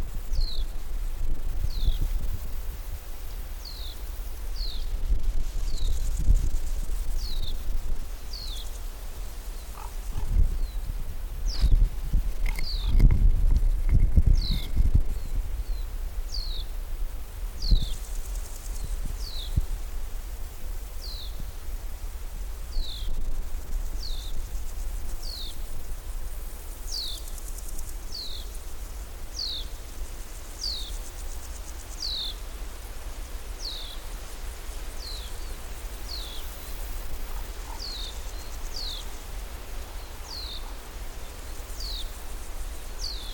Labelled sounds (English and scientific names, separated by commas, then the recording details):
Common House Martin (Delichon urbicum)
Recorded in the wild
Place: Groß Dölln, Schorfheide, Brandenburg, DE
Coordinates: 53, 13.61
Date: 1996-08-06 15:45
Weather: wechselnd wolkig, ca. 17°C
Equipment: Sony MD-WM MZ-R3, Sennheiser ME 80, Kopie Uher 4000 Report Monitor
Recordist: Tembrock, Günter
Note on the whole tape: Flugrufe. Waldgebiet am Großen Döllnsee